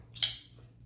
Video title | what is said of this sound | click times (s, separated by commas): Folding Knives with Different Locking Mechanisms | you just pull this back they will lock | 0.2 s